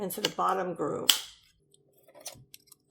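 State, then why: Not seated. Someone talks while a rectangular plastic support piece is slid into the bottom groove of a drawing-board base, followed by a few faint, short handling ticks and rubs. Nothing has seated or snapped into place yet.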